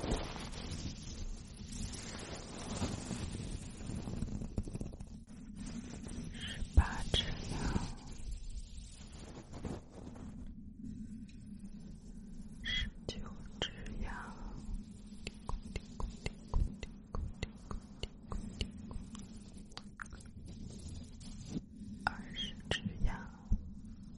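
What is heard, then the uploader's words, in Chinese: A brush sweeps across an ear, with soft scratchy strokes and gliding swishes around the middle and near the end. A low steady hum sits underneath throughout, and the second half fills with quick crackles and taps. 刷子刷耳数羊了个羊。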